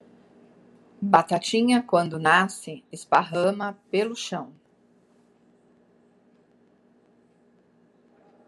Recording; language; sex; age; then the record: short text; Brazilian Portuguese; female; 50 to 59 years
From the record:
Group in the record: control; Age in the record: 53 years